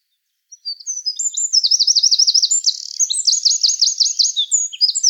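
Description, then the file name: Eurasian wren song, piercing and fast, with rapid rattling trills repeated in quick series and bright twittering notes between, continuing to the end. "Troglodytes troglodytes"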